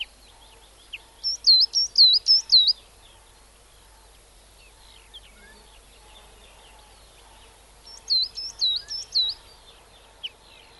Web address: bbc Bird Song Site Coal Tit - Mesange (charbon )